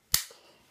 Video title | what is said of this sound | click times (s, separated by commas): Omnipod Insulin Pump Change | you'll hear that click that means the cannula is inserted | 0.1 s